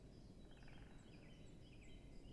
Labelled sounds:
Great Spotted Woodpecker
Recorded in Germany
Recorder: ecoPi

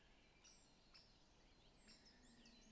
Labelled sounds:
Great Spotted Woodpecker
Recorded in Germany
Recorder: ecoPi

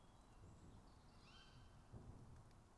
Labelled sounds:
Tawny Owl
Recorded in Germany
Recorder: ecoPi

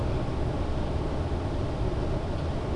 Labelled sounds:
none
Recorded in Germany
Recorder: ecoPi

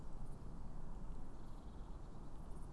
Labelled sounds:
Eurasian Blue Tit
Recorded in Germany
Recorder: ecoPi

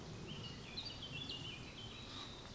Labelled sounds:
Eurasian Blackcap
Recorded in Germany
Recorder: ecoPi

